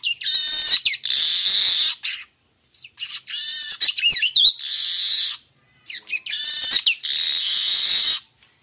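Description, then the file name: Weaver song with three harsh, sizzling buzzy phrases separated by short pauses, with quick sweeping notes mixed in. Young bird singing, in forest. "Suara kicau burung manyar muda hutan"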